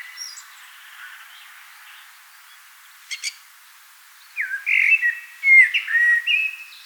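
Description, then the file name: Common blackbird song: after a quiet start and a brief sharp click, a fluted whistled phrase with warbled notes. "Turdus merula"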